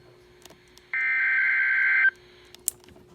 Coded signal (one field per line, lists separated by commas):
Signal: Emergency Alert System (SAME) tones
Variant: header bursts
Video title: SGX/LOX Required Weekly Test WWG21/KWO37 (EAS #26-#27)